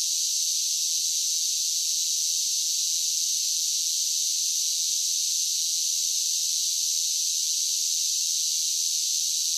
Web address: Blast Wave 5 1 5 1 SSFX Cicadas Sing. cicadas large groups singing insects bugs